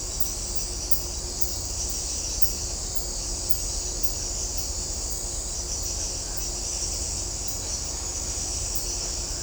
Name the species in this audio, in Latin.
none